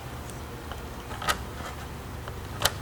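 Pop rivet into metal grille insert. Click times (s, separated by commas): 2.7 s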